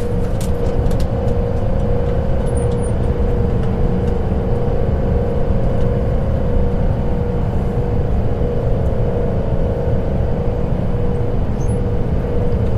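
A train rolls on with a steady low rumble and a constant hum holding one pitch throughout. The sound is dense and even, with no clear breaks, and a few faint clicks and rattles appear near the start and around twelve seconds.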